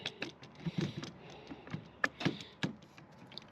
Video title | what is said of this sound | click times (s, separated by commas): What's New 2026 | Locks into place. | 2.0 s